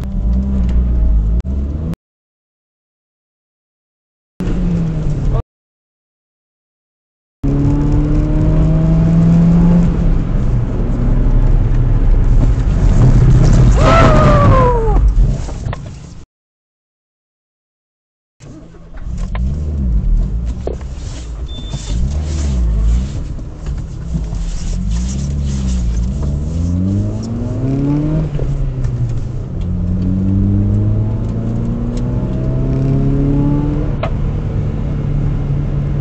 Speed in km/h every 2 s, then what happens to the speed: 24, 40, 48, 61, 69, 71, 50, 4, 0, 9, 10, 2, 13, 33, 42, 53, 58, 53.
0-9 speeds up to 71. 10-15 brakes to 0. 21-31 speeds up to 58.